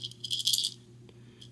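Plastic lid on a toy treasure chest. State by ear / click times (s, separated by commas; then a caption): not seated / none. A gold chalice sits in a small plastic brick treasure chest, and the plastic lid is pushed closed over it. There is a burst of light plastic rattling in the first 0.7 seconds, then a faint tap near 1.1 seconds and a brief rattle near 1.4 seconds, over a steady low hum. The lid has not clicked shut and does not close entirely.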